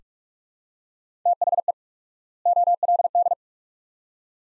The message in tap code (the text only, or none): none